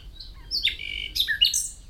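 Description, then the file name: Common nightingale song snippet: a sliding whistle, a short buzzy stretch, then quick high chirps. "Luscinia megarhynchos"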